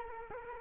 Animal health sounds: mosquito wingbeat signal from an infrared sensor; Culex quinquefasciatus

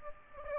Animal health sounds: mosquito wingbeat signal from an infrared sensor; Aedes aegypti

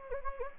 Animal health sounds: mosquito wingbeat signal from an infrared sensor; Anopheles gambiae

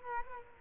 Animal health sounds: mosquito wingbeat signal from an infrared sensor; Culex quinquefasciatus

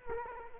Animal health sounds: mosquito wingbeat signal from an infrared sensor; Culex quinquefasciatus

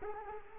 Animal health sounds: mosquito wingbeat signal from an infrared sensor; Culex quinquefasciatus

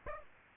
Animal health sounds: mosquito wingbeat signal from an infrared sensor; Aedes aegypti

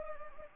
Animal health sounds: mosquito wingbeat signal from an infrared sensor; Anopheles arabiensis

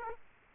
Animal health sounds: mosquito wingbeat signal from an infrared sensor; Aedes aegypti

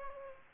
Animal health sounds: mosquito wingbeat signal from an infrared sensor; Aedes aegypti

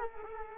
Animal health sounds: mosquito wingbeat signal from an infrared sensor; Culex quinquefasciatus

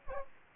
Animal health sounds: mosquito wingbeat signal from an infrared sensor; Aedes aegypti

